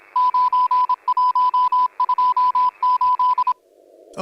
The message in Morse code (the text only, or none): 9128